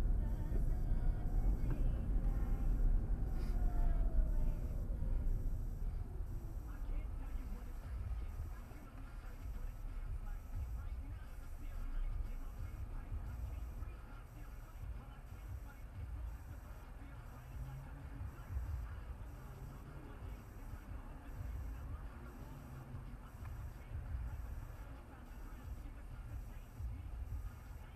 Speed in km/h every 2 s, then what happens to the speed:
26, 29, 23, 13, 0, 0, 0, 0, 0, 0, 0, 0, 0, 0.
3-8 brakes to 0. 8-28 standing.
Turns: none.